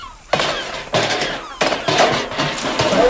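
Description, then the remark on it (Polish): A run of loud metallic crashes and clangs, about five in three seconds, each bursting out with a ringing, clattering tail, as a cook hurls pots that bang together, in a Polish Radio Theatre radio play of Alice in Wonderland. “Czy ta kucharka musi rzucać garnkami?”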